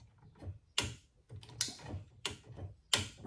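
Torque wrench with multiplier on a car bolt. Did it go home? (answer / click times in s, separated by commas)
yes / 0.8 s, 1.6 s, 2.9 s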